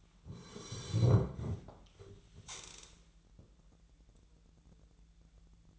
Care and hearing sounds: daily activity, microphone in the room; sit down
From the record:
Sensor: 3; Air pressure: 1001.6 hPa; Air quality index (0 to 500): 249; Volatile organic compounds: 147 ppm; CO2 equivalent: 4010 ppm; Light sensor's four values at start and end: 10/22/9/9 and 12/29/12/12

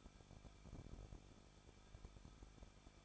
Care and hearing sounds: daily activity, microphone in the room; no activity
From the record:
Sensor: 5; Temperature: 20.8 degrees Celsius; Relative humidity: 38.3%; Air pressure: 1006.6 hPa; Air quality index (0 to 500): 185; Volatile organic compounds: 17 ppm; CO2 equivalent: 2591 ppm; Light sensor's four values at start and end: 2/3/1/1 and 2/3/1/1

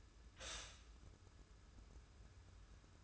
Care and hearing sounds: daily activity, microphone in the room; stop toaster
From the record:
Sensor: 2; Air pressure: 994.3 hPa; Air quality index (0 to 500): 204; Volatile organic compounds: 1000 ppm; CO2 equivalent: 6732 ppm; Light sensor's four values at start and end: 85/198/81/80 and 84/196/81/79

